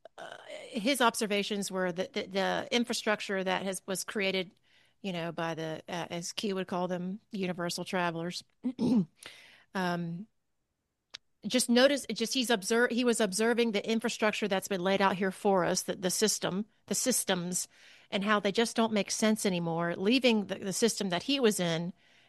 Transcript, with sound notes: his observations were the- the- the infrastructure that has- was created, you know, by the, uh, as Q would call them, universal travelers. (clears throat) Um, just notice, just he's observing, he was observing the infrastructure that's been laid out here for us, the- the system, the systems, and how they just don't make sense anymore, leaving the system that he was in,